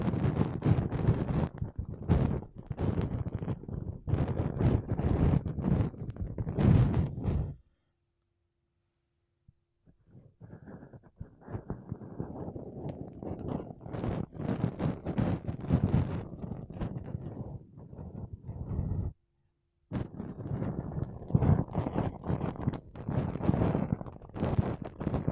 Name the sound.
Mic Brushing Using Makeup Brushes and Sponge